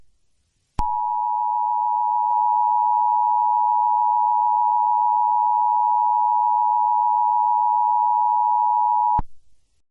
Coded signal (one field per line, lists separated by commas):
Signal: Emergency Alert System (SAME) tones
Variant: 853 and 960 Hz attention tone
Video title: RobotBoy: EAS Scenario (Retake) Part 2